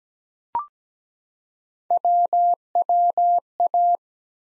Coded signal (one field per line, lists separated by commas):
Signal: Morse code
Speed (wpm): 17 wpm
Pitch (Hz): 700 Hz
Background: none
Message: WWA